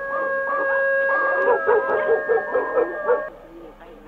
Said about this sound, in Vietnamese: Con chó lão đã nuôi 3 năm nay, mọi ngày vẫn xích ở cái chuồng gỗ ngay gần cổng. Không hiểu sao, đêm nay con chó nó cứ cắn nhấm nha nhấm nhằng, đến rát cả ruột cả gan. Thỉnh thoảng, cái con chó mà mẹ ấy, nó lại tru lên từng tiếng đến giận cả người.